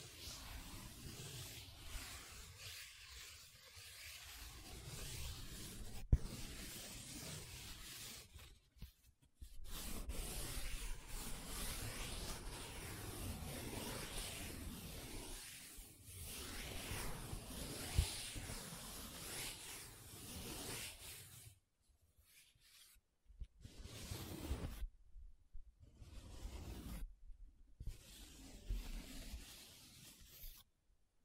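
Paper being rubbed and scratched in dense, uneven strokes, broken by short silent gaps near nine seconds and repeatedly after twenty-one.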